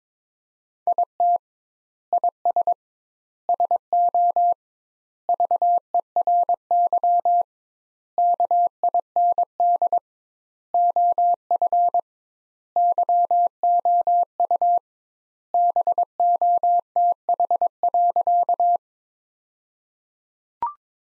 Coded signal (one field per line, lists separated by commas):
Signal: Morse code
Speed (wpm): 22 wpm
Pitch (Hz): 700 Hz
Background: none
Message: IT IS SO VERY KIND OF YOU BOTH.